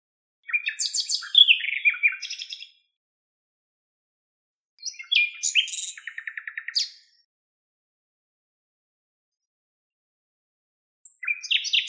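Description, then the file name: Common nightingale song: complex bursts of chattering, buzzy and whistled notes, two of them lasting about two seconds each, with long silences between phrases and a further phrase starting at the end. "Luscinia megarhynchos"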